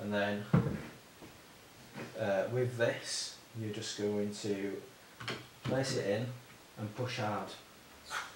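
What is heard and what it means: Someone talks while placing a part of the keg tap assembly into the keg or draft machine, ready to push it in hard. A brief handling bump is heard early on, but the part has not seated or clicked home yet.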